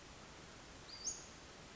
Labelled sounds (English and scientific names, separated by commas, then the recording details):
Western Flycatcher (Empidonax difficilis)
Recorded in Sonoma County, California